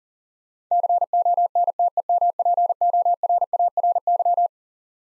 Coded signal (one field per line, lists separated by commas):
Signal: Morse code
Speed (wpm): 40 wpm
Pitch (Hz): 700 Hz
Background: none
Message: CONTEMPORARY